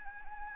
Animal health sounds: mosquito wingbeat signal from an infrared sensor; Anopheles gambiae

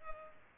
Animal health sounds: mosquito wingbeat signal from an infrared sensor; Culex pipiens

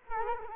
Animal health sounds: mosquito wingbeat signal from an infrared sensor; Culex quinquefasciatus

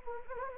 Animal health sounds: mosquito wingbeat signal from an infrared sensor; Anopheles gambiae

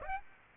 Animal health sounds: mosquito wingbeat signal from an infrared sensor; Aedes aegypti

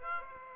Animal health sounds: mosquito wingbeat signal from an infrared sensor; Aedes aegypti

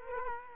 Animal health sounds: mosquito wingbeat signal from an infrared sensor; Culex quinquefasciatus

